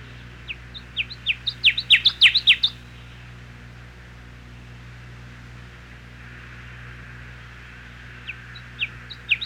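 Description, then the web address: Connecticut warbler song, a series of loud chirping notes building in volume over two seconds, then a pause with low hum before the repeated phrase starts again. "101 Bird Songs. Connecticut Warbler"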